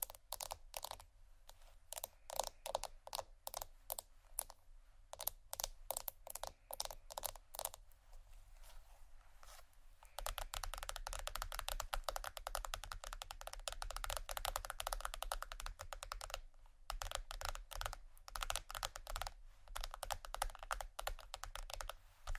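Rapid tapping in quick irregular bursts for the first ten seconds, then denser continuous scratching with steady low rumble, briefly pausing near seventeen seconds.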